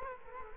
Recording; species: mosquito wingbeat signal from an infrared sensor; Culex quinquefasciatus